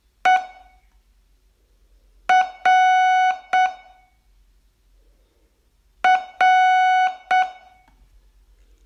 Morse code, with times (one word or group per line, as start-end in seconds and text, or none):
0.2-0.4 E
2.3-3.7 R
6.0-7.4 R